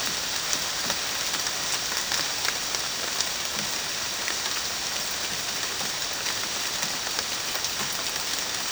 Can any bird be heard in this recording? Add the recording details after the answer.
no. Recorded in dense forest near Puerto Asís, Putumayo, Colombia, on 19 June 2025 at 15:30. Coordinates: 0.484, -76.317. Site G045